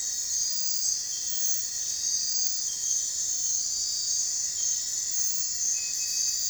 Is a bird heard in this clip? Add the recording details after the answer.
no. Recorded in dense forest near Puerto Asís, Putumayo, Colombia, on 26 December 2024 at 03:30. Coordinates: 0.468, -76.322. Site G071